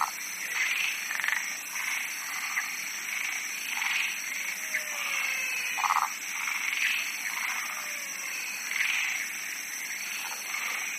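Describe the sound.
Dense frog chorus of rapid pulsed croaks and trills from many callers, almost continuous, with a shrill steady hum.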